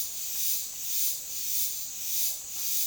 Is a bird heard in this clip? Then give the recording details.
no. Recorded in dense forest near Puerto Asís, Putumayo, Colombia, on 20 February 2024 at 07:30. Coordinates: 0.502, -76.326. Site G6460